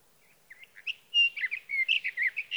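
Sage thrasher song: a quick, continuous run of varied warbled and chirping notes that jump up and down in pitch, starting after a short pause, with a quiet background.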